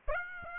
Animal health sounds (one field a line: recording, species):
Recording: mosquito wingbeat signal from an infrared sensor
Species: Aedes aegypti